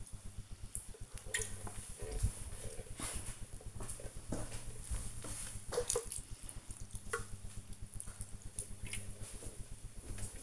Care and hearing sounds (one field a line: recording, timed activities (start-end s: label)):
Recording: household activities, microphone on the right wrist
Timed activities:
0.00-10.43 s: watering plant